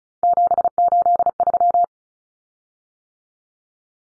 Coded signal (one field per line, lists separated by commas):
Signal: Morse code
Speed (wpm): 34 wpm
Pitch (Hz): 700 Hz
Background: none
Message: 783